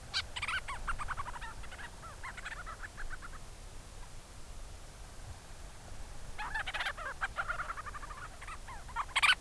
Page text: In South Bay San Francisco, California, a Forster’s Tern (Sterna forsteri) flies overhead and lets out a call to its colony below. This “advertisement call” is almost the bird’s way of saying “hello” to the colony on the island.